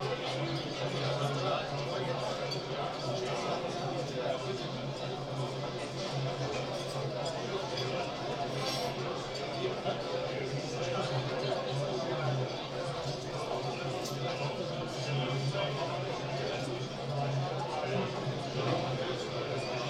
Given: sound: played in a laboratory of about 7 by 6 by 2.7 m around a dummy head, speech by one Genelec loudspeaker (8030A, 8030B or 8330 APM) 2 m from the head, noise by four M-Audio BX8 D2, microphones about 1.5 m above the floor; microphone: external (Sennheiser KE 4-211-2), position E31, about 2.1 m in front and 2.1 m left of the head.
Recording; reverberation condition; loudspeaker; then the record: cafeteria noise; low; four, about 170 cm from the corners of the room and facing them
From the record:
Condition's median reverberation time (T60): about 310 ms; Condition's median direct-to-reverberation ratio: about 3.5 dB